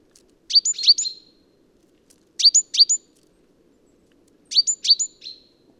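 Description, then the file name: Great tit uttering clipped, high two-part chirps in bursts of three or four, the bursts spaced roughly two seconds apart, with a faint low hum beneath. "Parus major"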